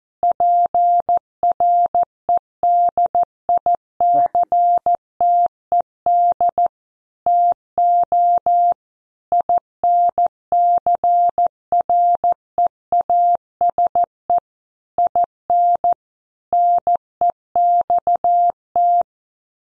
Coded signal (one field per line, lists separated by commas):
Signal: Morse code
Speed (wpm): 14 wpm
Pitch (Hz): 700 Hz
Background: none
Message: PREDICTED TO INCREASE IN NEXT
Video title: Morse Code copy practice